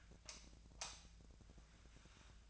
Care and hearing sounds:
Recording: daily activity, microphone in the room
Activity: light off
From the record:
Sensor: 2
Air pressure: 1009.6 hPa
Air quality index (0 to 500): 182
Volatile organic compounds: 11 ppm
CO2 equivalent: 2269 ppm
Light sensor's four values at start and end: 32/85/36/38 and 27/66/29/32

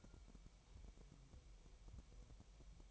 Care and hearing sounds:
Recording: daily activity, microphone in the room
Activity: take from stove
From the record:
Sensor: 1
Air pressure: 1002.0 hPa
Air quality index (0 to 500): 246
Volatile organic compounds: 50 ppm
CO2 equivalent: 3302 ppm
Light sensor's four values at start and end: 5/13/5/6 and 6/13/5/6

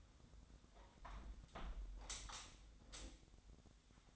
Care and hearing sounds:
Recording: daily activity, microphone in the room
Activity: close window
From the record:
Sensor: 3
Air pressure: 1006.6 hPa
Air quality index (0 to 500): 209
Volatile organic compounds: 19 ppm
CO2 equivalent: 2667 ppm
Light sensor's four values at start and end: 11/25/10/10 and 10/24/10/10

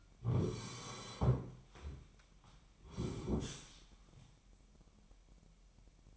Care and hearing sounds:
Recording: daily activity, microphone in the room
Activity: sit down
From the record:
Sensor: 1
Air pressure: 998.6 hPa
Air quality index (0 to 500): 117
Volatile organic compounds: 3 ppm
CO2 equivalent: 1402 ppm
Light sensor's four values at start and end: 7/17/7/8 and 7/18/7/8

